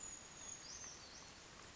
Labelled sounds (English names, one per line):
Brown Creeper